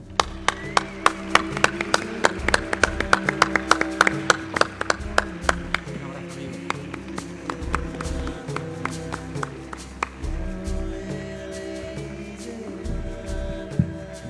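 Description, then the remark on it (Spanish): An audience applauds for about fourteen seconds, many sharp claps blending into a steady, dense patter that stays fairly even before thinning slightly toward the end, over a low sustained tonal hum. “Víctor Amela, gracias. Un aplauso.”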